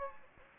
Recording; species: mosquito wingbeat signal from an infrared sensor; Anopheles gambiae